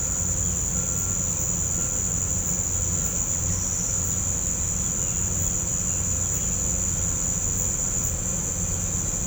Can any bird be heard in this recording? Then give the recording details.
no. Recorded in pastures near Puerto Asís, Putumayo, Colombia, on 16 December 2024 at 07:00. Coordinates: 0.505, -76.324. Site G063